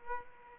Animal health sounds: mosquito wingbeat signal from an infrared sensor; Culex quinquefasciatus

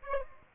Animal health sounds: mosquito wingbeat signal from an infrared sensor; Aedes aegypti

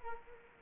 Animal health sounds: mosquito wingbeat signal from an infrared sensor; Culex quinquefasciatus

